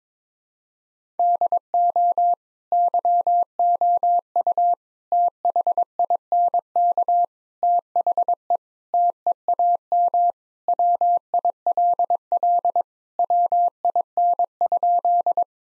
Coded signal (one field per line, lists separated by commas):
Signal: Morse code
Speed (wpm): 22 wpm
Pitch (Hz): 700 Hz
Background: none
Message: DO YOU THINK THE TEAM WILL WIN?